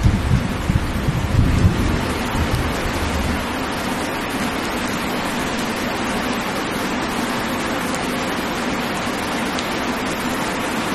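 Gentle rain falls in a steady, dense hiss across the whole clip. A low rumble of light thunder rolls through the first few seconds, strongest around one to two seconds, then fades. Afterward only the even patter of rain remains.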